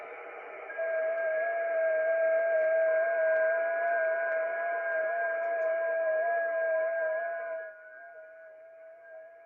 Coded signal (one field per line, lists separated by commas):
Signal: FT8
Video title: Danny Shortwave And Radio DX Live Stream 6/7/2025 6 meter band FT8 & FM DXing